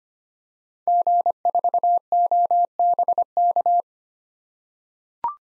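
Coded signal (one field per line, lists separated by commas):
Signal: Morse code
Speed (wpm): 25 wpm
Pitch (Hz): 700 Hz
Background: none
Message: G4OBK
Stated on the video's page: Morse code practice at 25 wpm of common SOTA activator call signs for head-copy, each sent, spoken, then sent again.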